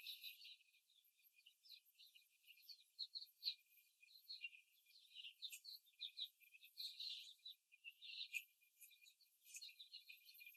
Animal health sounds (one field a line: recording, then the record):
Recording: young laying hens in a cage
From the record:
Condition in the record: after the stressor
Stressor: simulated dog barking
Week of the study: 3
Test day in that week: 2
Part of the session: 1